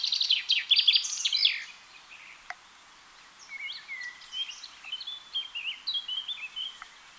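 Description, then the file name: Common chaffinch song, a rapid trill ending in a flourish, then fainter scattered whistled and chirping notes through the rest. "Fringilla coelebs"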